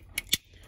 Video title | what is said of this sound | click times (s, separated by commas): How to Install J's Alarms Ford Transit Remote Start using two way LCD long range remote CA2LCD5 | that you're gonna go ahead plug our harness into it snaps | 0.2 s, 0.3 s